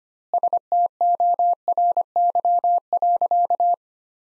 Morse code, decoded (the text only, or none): STORY.